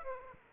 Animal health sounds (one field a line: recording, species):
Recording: mosquito wingbeat signal from an infrared sensor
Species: Aedes aegypti